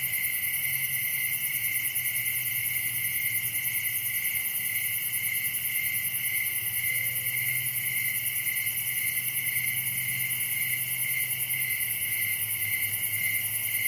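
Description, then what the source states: Crickets keep up an even, high trilling chorus, many callers overlapping, with a quiet low drone beneath. Crickets, recorded at night in summer in a wooded area of Dell Creek State Wildlife Area.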